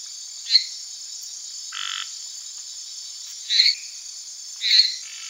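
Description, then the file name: Lesser treefrog calling in short sharp notes with one flat buzzy note between them, set against a constant high-pitched insect drone. "Hyla minuta"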